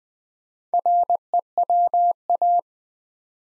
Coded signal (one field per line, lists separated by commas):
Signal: Morse code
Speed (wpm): 20 wpm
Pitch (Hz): 700 Hz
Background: none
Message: REWA